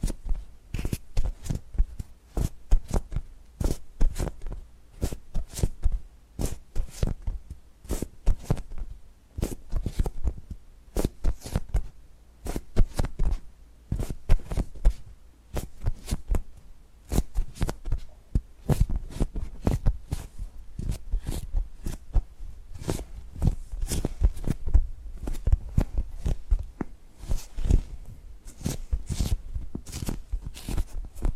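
Tapping and gripping sounds form a dense, irregular run of sharp clicks and knocks with thumpy low ends, continuing steadily throughout.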